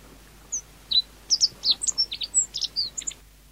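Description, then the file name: Meadow bunting calls: a quick burst of high, thin chirps and short slurred notes, ending in quiet. Recorded 10 May 1991. "10 05 91 Ecioides IIIb"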